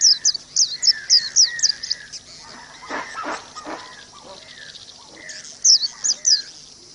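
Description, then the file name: White-eye song: quick series of high, thin sweeping notes repeated several times a second, with lower slurred whistles and a brief burst of rough, lower noise midway. Audio therapy for caged white-eyes. "audio-terapi-pleci omkicau"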